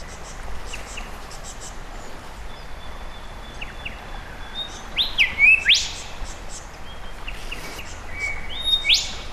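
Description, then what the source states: Golden whistler call: a long thin whistle followed by sharp upward-whipping notes, then repeated, with faint chirps and a steady hiss behind. Whip-like call heard in an Australian garden; male with black crown, white chin and golden belly.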